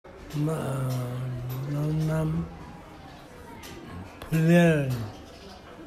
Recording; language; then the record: elicited speech; Bengali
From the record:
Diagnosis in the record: Broca's or global aphasia after a stroke